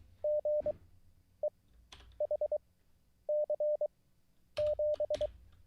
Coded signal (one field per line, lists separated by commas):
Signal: Morse code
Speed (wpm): 23 wpm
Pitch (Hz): 600 Hz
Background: none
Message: GEHC7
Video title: How to REMEMBER Morse Code LIVE with N0SSC (Day 29)